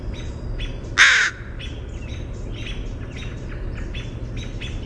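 Northern crested caracara uttering a single short, rasping, harsh call, with continuous low background noise and faint repeated bird notes throughout.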